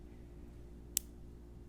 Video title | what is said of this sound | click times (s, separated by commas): Trunnion Installation on LS MOTOR. Swap was easy… these snap rings humbling me real quick | And it's on. Y'all should have heard that snap. | 1.0 s